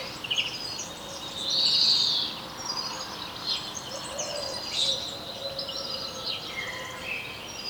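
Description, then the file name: European greenfinch uttering a drawn-out, rasping wheeze near two seconds, set among dense twittering and chirps from other birds. "Chloris chloris"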